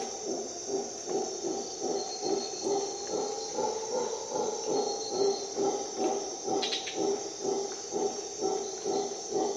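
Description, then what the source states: Howler monkey pulsing rhythmically, low and rasping, with faint bird notes and an unbroken insect drone. At dawn in a Costa Rica jungle.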